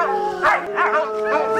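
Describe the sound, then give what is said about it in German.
Several nervous dogs howl in steady, high-pitched wails while short, sharp barks burst out three times over the top, a loud, continuous and agitated chorus. “Unsere Hunde sind sehr nervös.”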